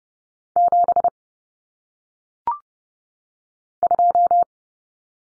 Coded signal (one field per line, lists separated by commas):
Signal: Morse code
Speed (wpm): 30 wpm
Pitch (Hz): 700 Hz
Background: none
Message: 7 2